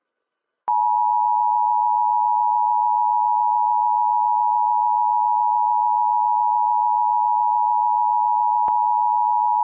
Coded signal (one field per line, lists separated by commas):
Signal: Emergency Alert System (SAME) tones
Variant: 853 and 960 Hz attention tone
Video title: Fake EAS #4 For Pensacola, Florida